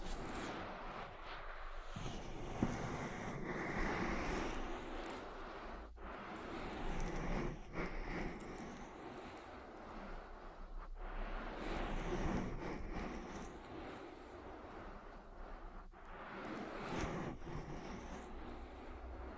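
Oily ear massage rubbing makes a dense, continuous rumbling swish, with slow swirling sweeps running through the brighter tones. Short breaks in the rubbing come at about 6, 11 and 16 seconds, and it resumes each time at a fairly even level.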